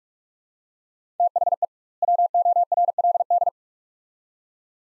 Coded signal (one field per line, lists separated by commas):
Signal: Morse code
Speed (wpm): 43 wpm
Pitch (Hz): 700 Hz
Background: none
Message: THE WORLD